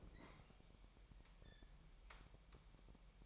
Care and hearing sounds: daily activity, microphone in the room; open fridge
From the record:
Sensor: 1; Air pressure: 1002.0 hPa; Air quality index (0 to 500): 245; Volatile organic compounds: 50 ppm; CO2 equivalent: 3298 ppm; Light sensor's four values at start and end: 8/28/10/11 and 8/28/10/11

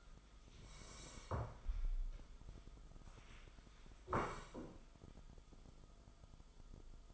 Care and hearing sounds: daily activity, microphone in the room; sit down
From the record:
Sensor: 5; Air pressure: 1005.4 hPa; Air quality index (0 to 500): 106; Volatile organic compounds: 2 ppm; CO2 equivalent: 1297 ppm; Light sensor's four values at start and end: 34/78/31/30 and 34/78/31/30

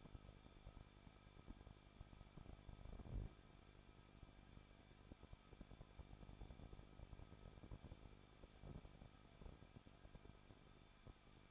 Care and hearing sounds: daily activity, microphone in the room; no activity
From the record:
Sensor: 5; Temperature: 20.9 degrees Celsius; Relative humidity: 38.2%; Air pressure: 1006.4 hPa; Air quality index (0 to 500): 187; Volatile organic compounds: 18 ppm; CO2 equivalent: 2626 ppm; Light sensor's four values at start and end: 2/3/1/1 and 2/3/1/1

